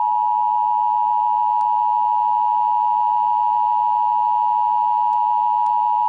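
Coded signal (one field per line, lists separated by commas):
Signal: Emergency Alert System (SAME) tones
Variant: 853 and 960 Hz attention tone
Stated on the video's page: Fictional hostage situation alert, a scenario rather than a real activation.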